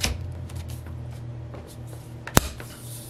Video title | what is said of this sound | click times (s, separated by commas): Shark vacmop unboxing | goes in like that until you hear a click | 2.4 s